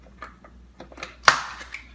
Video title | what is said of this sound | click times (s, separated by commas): CITY SELECT LUX STROLLER REVIEW - Baby Jogger - Tara Henderson | wait for it to click and then you're going to do that same with the right side and then you're going to take the car seat | 1.3 s